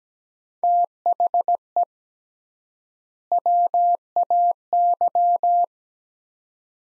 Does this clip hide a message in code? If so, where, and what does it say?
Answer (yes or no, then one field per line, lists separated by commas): yes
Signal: Morse code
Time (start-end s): 0.6-5.6 s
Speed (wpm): 17 wpm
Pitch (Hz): 700 Hz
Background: none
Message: THE WAY